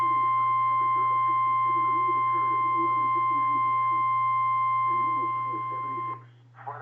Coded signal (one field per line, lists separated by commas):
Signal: Emergency Alert System (SAME) tones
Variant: 1050 Hz attention tone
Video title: Morning Mischief... | EAS #208-214 (Severe Weather Alerts from 4/28/2023)